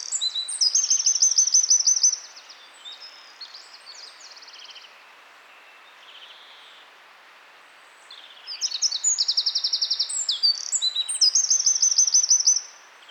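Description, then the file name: Eurasian wren song in two bursts: shrill, rapid trills mixed with sharp high warbled notes, separated by several seconds of near silence with faint hiss. "Troglodytes troglodytes"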